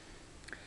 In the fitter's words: we take it off, you see it's just one little click.